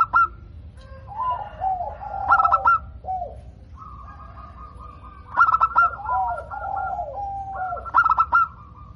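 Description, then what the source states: Zebra dove song: repeated phrases of wavering, falling coos, with bursts of crisp clicks and a short quiet gap between phrases. Local zebra dove (perkutut lokal), described as gacor, singing often, with a loud, crystal-clear voice (suara kristal lantang).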